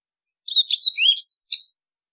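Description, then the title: White-throated seedeater song: a single quick, high twittering phrase of slurred whistles and chips lasting just over a second, with nothing else heard. "Canto Do Golinha"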